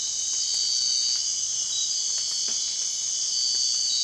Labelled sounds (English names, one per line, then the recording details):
none
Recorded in dense forest near Puerto Asís, Putumayo, Colombia, on 24 March 2025 at 00:30
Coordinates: 0.499, -76.324
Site GP03